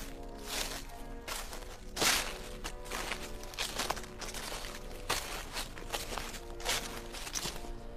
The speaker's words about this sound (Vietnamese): Còn đang phê pha trong khói thuốc, Hữu nghe tiếng bước chân.